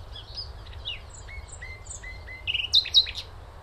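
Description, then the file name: Common nightingale song: a series of clear slurred whistled notes repeated evenly, ending in a loud burst of sharp rattling notes, over low steady hum. "Luscinia megarhynchos"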